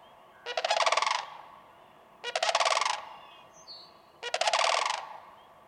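Sandhill crane giving three strong, rolling rattles about two seconds apart, with a brief high chirp from another bird in one gap.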